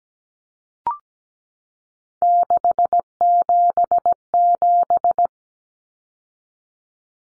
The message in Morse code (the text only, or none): 677